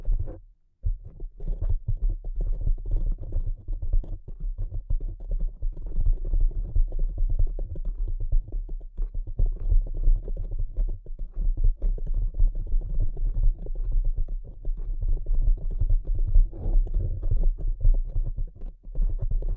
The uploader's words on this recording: ASMR Delicate Tapping (No Talking).